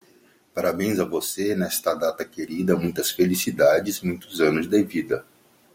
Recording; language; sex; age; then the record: short text; Brazilian Portuguese; male; 50 to 59 years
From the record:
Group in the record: control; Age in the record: 50 years